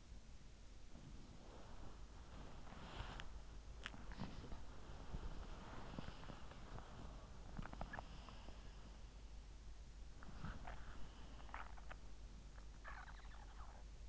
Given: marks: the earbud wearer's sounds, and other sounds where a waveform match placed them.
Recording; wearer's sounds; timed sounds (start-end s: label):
sounds in sleep by an in-ear microphone; body movement
0.00-14.09 s: body movement